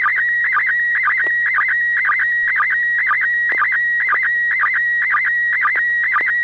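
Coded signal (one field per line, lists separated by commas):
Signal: SSTV (slow-scan television)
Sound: steady high whistle with a regular low blip about twice a second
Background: low hum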